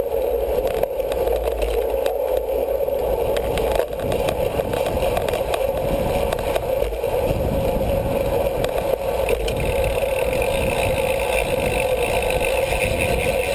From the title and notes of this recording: 30 Minutes of Bicycle Racing Audio From EpicPlanet.tv. Audio from an actual Criterium bike race.